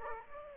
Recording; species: mosquito wingbeat signal from an infrared sensor; Aedes aegypti